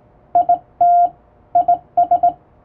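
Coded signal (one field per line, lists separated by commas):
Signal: Morse code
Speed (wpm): 21 wpm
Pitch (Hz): 700 Hz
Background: none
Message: IT IS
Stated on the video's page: Morse code practice for Japanese radio operator exams, sent on the amateur radio bands by a first-class radiotelegraph operator.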